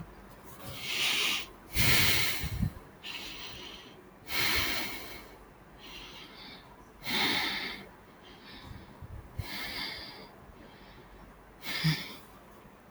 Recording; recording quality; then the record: deep breathing; excellent, no background noise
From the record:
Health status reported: healthy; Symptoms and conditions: none ticked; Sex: male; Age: 19 years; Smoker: not ticked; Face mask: not worn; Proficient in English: yes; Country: India